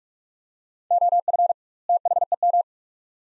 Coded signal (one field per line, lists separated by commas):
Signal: Morse code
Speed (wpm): 48 wpm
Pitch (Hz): 700 Hz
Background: none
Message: OF THEM